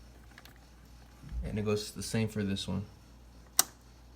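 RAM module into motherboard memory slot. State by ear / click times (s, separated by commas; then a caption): seated / 3.6 s. A RAM module is pushed down into a motherboard DIMM memory slot while someone talks. At 3.6 s a sharp, bright click rings out as the plastic retention clip snaps shut, and the stick is seated.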